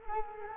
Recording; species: mosquito wingbeat signal from an infrared sensor; Culex quinquefasciatus